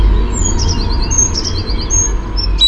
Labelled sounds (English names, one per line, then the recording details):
Eurasian Blue Tit
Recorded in Germany
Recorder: ecoPi